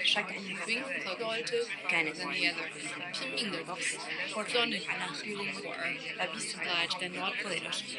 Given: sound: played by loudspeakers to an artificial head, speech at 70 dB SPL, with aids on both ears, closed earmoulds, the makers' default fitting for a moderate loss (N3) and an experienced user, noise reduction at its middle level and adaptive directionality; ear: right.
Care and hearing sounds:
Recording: speech test signal (ISTS) in cocktail-party noise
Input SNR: -6 dB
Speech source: in front (0 degrees)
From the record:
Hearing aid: class 2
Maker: I

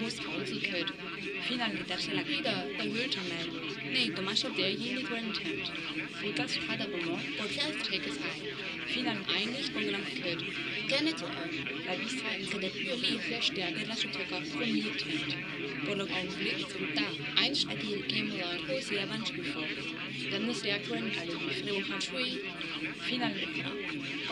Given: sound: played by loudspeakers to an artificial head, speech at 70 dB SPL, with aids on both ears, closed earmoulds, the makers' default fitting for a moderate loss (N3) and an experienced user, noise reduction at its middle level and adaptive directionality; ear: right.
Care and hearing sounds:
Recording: speech test signal (ISTS) in cocktail-party noise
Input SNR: -3 dB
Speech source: on the right (90 degrees)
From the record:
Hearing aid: class 2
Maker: D

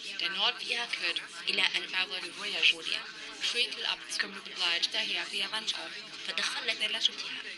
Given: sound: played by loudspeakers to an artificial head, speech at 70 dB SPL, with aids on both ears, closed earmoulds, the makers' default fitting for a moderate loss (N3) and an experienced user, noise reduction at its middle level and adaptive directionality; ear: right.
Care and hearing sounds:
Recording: speech test signal (ISTS) in cocktail-party noise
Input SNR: 0 dB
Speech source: on the right (90 degrees)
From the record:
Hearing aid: class 2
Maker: B

